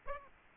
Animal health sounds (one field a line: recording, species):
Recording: mosquito wingbeat signal from an infrared sensor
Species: Aedes aegypti